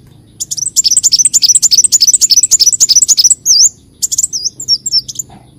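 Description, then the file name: Leafbird delivering a long rapid series of high chirped whistles, then a few looping slurred notes after a short break. "Tieng chim xanh tim"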